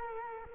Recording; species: mosquito wingbeat signal from an infrared sensor; Culex quinquefasciatus